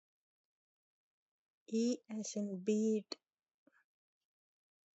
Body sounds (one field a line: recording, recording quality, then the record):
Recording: sustained vowel as in beet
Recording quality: moderate, slight background noise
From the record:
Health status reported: healthy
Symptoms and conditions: none ticked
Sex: female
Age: 49 years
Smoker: not ticked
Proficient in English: yes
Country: India